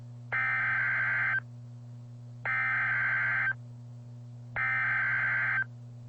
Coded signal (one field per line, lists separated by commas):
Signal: Emergency Alert System (SAME) tones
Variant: header bursts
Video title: EAS Tornado Warning 4: Dallas area NWS 12/26/15